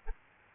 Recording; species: mosquito wingbeat signal from an infrared sensor; Aedes albopictus